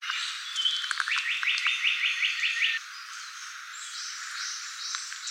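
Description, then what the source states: Japanese paradise flycatcher singing a quick run of about seven repeated slurred notes, followed by higher drawn-out whistles. Recorded on 23 May 2013.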